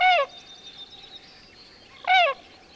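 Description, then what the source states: Swan giving two loud whooping notes with strong harmonics, about two seconds apart, a faint thin whistle between them. Passing through Skagway and Dyea in spring migration.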